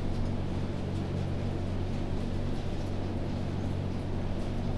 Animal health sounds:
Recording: poultry house recording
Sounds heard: no chicken sound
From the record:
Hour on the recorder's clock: 21

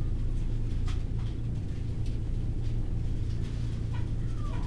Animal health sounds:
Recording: poultry house recording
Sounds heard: healthy chickens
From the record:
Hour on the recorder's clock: 7

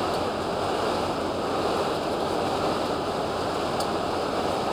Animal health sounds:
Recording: poultry house recording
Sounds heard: no chicken sound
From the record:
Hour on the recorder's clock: 8

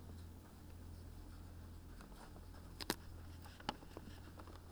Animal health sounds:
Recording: poultry house recording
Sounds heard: no chicken sound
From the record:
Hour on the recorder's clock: 16

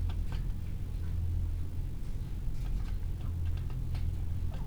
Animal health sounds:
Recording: poultry house recording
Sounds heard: healthy chickens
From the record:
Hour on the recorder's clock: 15

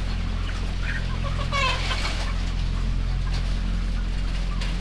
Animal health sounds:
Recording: poultry house recording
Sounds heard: healthy chickens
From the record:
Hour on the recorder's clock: 14

